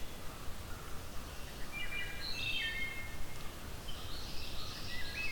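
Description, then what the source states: Wood thrush song: a soft phrase of stacked fluty whistled notes, then higher rough notes, over low rumbling background noise. Southern Ontario; wood thrush heard in the distance.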